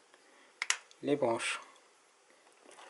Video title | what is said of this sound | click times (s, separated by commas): Présentation de la montre Amazfit STRATOS et comparaison à la PACE par Gearbest | ça se clipse cette fois-ci sur les branches. | 0.6 s, 0.7 s